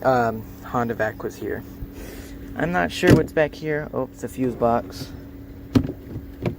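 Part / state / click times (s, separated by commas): plastic fuse box access cover into the van's interior side trim / not seated / none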